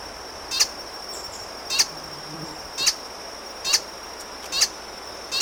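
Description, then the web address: Green hermit call notes: thin, high-pitched squeaky chips, each given about once every second, against a low background hiss. Recorded in Ecuador. "Birds of Ecuador. Green Hermit"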